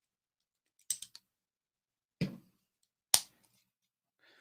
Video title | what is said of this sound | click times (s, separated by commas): ADMIRAL RADDUS IS HERE - Brick Building with Ken | oh it was a satisfying click right there | 3.1 s